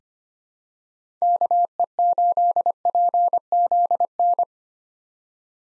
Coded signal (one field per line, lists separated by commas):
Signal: Morse code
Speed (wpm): 25 wpm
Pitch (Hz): 700 Hz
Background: none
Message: KE8PZN